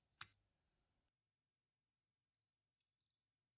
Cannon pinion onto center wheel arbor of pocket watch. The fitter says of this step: So I'll start with the cannon pinion, which snaps right in,